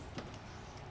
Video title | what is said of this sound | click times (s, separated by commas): bodgit and leggit garage ford mondeo part2 heater plug light flashing (leak of test) | you'll hear a little click and it's in. | 0.2 s